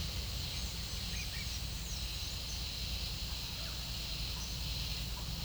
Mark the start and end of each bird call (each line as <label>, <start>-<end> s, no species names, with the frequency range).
bird call (1.0-7.5 kHz), 0.56-2.70 s